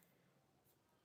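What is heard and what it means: A small sterling silver vermeil ball hoop earring, about 1 inch and marked 925Y, is handled as its hinged post is brought toward its latch catch. Only faint, steady low-level noise is heard, with no distinct impacts. Nothing has seated or clicked yet.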